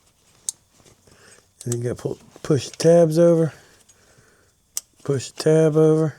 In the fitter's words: And this one click.